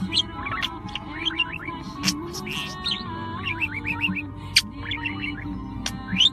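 Budgerigar warbling, quick repeated rising chirps in little clusters, with occasional sharp clicks and a faint steady hum behind.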